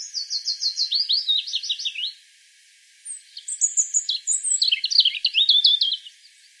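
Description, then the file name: European robin song with a fast trill series, a brief pause, then thin high notes and another rapid twittering run. "Erithacus rubecula"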